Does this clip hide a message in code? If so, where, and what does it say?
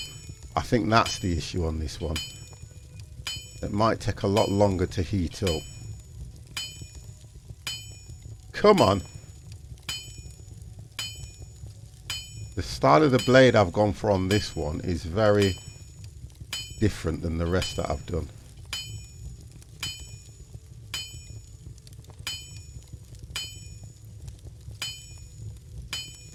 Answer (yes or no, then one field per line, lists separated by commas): no